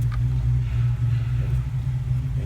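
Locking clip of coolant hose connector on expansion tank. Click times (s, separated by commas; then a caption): 0.1 s. The plastic locking clip on a coolant vent hose connector is popped down to lock it onto the expansion tank of a BMW 3/5 Series, giving a short click at 0.1 s over a steady low rumble. The hose is then tugged and stays locked and secure.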